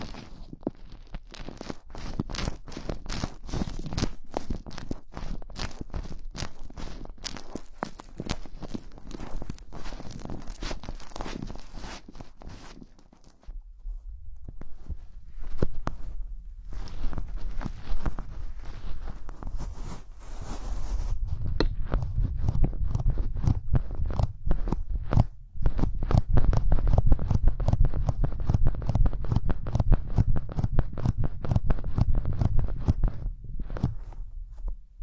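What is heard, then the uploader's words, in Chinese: Dense crackling and crinkling of hands handling gloves, a rapid stream of sharp clicks and rustles. The sound briefly drops out near 13 seconds, a soft hiss rises around 20 seconds, and the last stretch turns louder with a heavier, duller thumping underneath. 手套 使用6种不同手套为你耳膜按摩。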